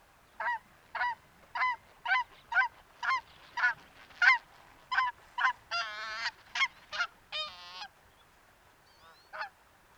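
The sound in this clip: Cackling goose giving a series of short, high, yelping honks, ending in a few longer wavering calls.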